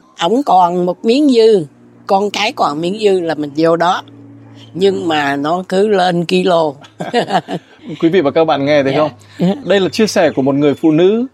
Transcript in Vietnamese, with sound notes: Ổng còn một miếng dư, con cái còn miếng dư là mình vô đó. Nhưng mà nó cứ lên kilo [tiếng cười]
Quý vị và các bạn nghe thấy không? Đây là chia sẻ của một người phụ nữ.